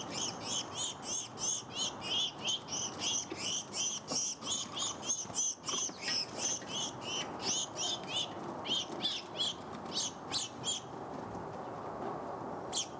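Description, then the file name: House sparrow chirping: a long series of bright, repeated cheeps roughly three per second, gradually thinning out, over continuous low background noise. "Passer domesticus"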